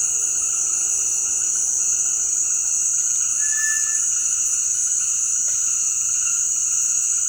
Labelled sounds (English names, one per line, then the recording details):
White-throated Tinamou
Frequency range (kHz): White-throated Tinamou 1.1-2.3 kHz
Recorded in dense forest near Puerto Asís, Putumayo, Colombia, on 19 February 2024 at 18:00
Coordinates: 0.472, -76.329
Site G6394